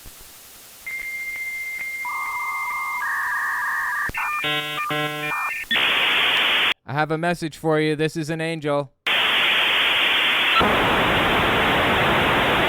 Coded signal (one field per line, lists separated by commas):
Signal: dial-up modem handshake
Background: speech